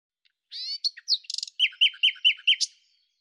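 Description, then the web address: Common nightingale song: a short varied phrase of high chirps and a buzzy burst, then a run of loud repeated notes, ending with a high flourish. "cianscape birddata Deverinetal 2025 Bird Lu Me"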